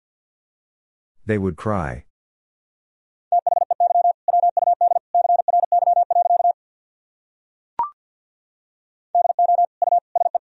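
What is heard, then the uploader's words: A steady mid-pitched tone beeps out Morse code in quick bursts of short and long pulses, from about 3 to 6.5 seconds and again near the end. A brief spoken word opens the clip, and a single click sounds around 8 seconds. Sentences from Top 500 Words and Abbreviations 50wpm. First, the words and abbreviations are sent in Morse code.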